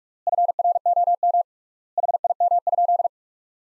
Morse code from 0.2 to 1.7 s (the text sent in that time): FROM